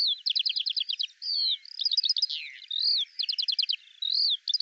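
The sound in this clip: Eurasian skylark song: bursts of rapid trills alternating with drawn-out slurred whistles, lively and high-pitched.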